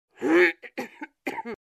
Adult Woman Deep Cough.